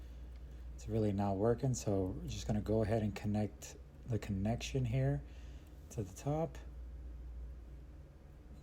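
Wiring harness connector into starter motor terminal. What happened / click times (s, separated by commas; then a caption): Harness connector lined up, not yet snapped in / none. A plastic wiring harness connector is lined up at the top of the starter motor terminal on a 2011 Hyundai Elantra during a starter replacement, before being pushed home. Someone talks over the handling, with low background hum and faint contact noises. Nothing has seated or clicked yet.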